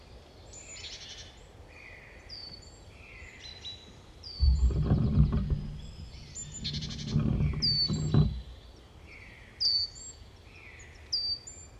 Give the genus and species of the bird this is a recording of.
Parus major